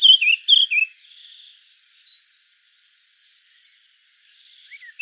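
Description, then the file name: Eurasian blackcap giving a short burst of loud warbled notes, then quieter soft note series after a pause. "Sylvia atricapilla"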